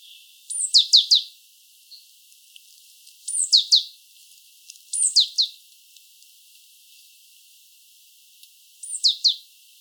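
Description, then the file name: Great tit calls: short bursts of three or four sharp, high, downslurred notes, repeated a few seconds apart against a quiet background. "Parus major"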